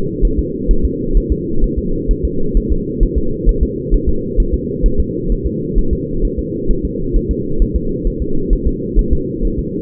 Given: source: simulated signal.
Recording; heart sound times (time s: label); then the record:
fetal heart sounds
0.25 s: S1
0.39 s: S2
0.71 s: S1
0.85 s: S2
1.17 s: S1
1.32 s: S2
1.64 s: S1
1.78 s: S2
2.11 s: S1
2.25 s: S2
2.57 s: S1
2.72 s: S2
3.03 s: S1
3.18 s: S2
3.49 s: S1
3.63 s: S2
3.94 s: S1
4.09 s: S2
4.40 s: S1
4.54 s: S2
4.86 s: S1
5.00 s: S2
5.32 s: S1
5.47 s: S2
5.79 s: S1
5.93 s: S2
6.25 s: S1
6.39 s: S2
6.71 s: S1
6.85 s: S2
7.16 s: S1
7.31 s: S2
7.62 s: S1
7.76 s: S2
8.07 s: S1
8.22 s: S2
8.53 s: S1
8.67 s: S2
8.99 s: S1
9.13 s: S2
9.45 s: S1
9.59 s: S2
From the record:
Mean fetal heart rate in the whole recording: 130 bpm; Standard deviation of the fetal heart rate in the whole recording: 2 bpm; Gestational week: 38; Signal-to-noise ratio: -8.1 dB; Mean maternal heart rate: 72 bpm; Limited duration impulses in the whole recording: absent